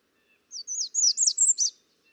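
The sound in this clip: American redstart song: one phrase of several high, thin, slurred notes delivered quickly in just over a second, with silence around it.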